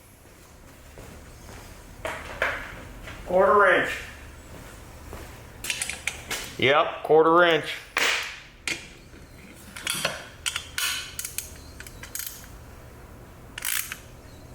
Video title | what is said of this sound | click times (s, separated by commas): Definitely AVOID This Brand At All Costs | No, stripped out. | none